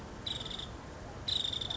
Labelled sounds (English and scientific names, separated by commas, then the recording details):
Nuttall's Woodpecker (Dryobates nuttallii)
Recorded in Sonoma County, California